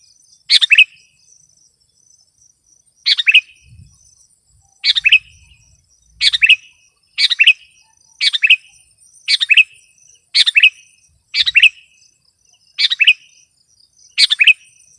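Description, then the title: Sooty-headed bulbul singing short, bubbly three- to four-note phrases, repeated many times at irregular intervals, with a faint high-pitched hum behind. "kutilang"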